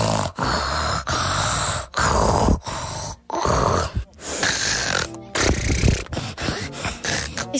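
A child imitates very loud snoring, with rough, grunting snore bursts in repeated breaths.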